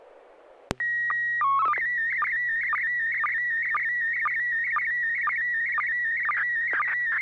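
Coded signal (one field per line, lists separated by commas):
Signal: SSTV (slow-scan television)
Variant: PD 120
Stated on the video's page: SSTV net on a 441.300 MHz FM repeater in Sacramento, sent with MMSSTV.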